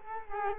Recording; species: mosquito wingbeat signal from an infrared sensor; Culex quinquefasciatus